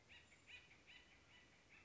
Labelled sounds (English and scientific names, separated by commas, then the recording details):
Acorn Woodpecker (Melanerpes formicivorus)
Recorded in Sonoma County, California